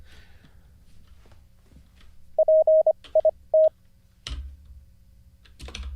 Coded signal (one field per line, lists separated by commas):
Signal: Morse code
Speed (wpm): 23 wpm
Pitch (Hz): 630 Hz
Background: none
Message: PIT